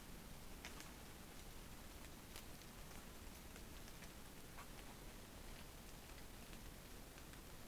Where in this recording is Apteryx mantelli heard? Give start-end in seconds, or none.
none